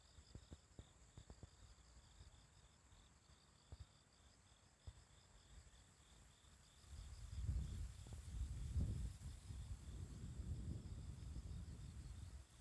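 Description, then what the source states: Bell cricket chirping, thin high pulsed ringing in steady bursts, with scattered clicks and a swell of low rumbling noise halfway through. Bell crickets chirping on a morning walk along a riverside path; possibly the year's last.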